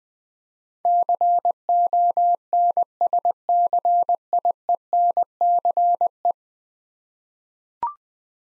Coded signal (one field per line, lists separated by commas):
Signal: Morse code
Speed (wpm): 20 wpm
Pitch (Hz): 700 Hz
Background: none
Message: CONSCIENCE